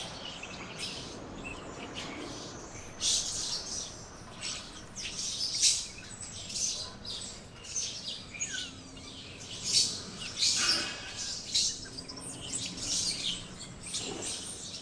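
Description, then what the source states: Birds chirping in bursts, sharp high twitters rising and falling in loudness, with scattered lower notes beneath. Birds chirping in a tree.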